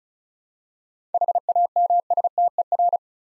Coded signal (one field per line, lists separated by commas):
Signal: Morse code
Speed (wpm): 36 wpm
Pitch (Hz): 700 Hz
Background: none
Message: HAMSTER